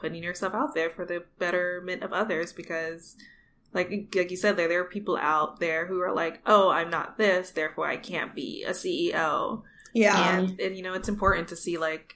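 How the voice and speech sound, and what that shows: Fluent conversational speech from an adult woman with clear articulation, ordinary pitch variation and natural pauses.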